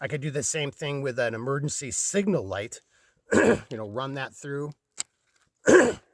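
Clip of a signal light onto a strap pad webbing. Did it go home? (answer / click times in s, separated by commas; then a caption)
yes / 5.0 s. Someone talks while an emergency signal light on a clip is run through the webbing of a padded strap wrap, and the clip gate is closed to lock it onto the outside of the strap. A sharp, brief click at 5.0 s marks the clip closing, seating the light in place, followed by a short noisy burst.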